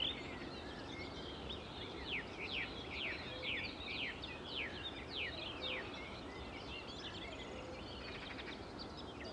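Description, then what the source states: Birds singing, one repeating a run of quick downward-sweeping notes for several seconds, with other scattered chirps and twitters around it and a low steady background rumble. Morning countryside ambience with many birds at Saint-Nom-la-Bretèche, France; stereo MS recording with Schoeps microphones on a Sound Devices 633 recorder.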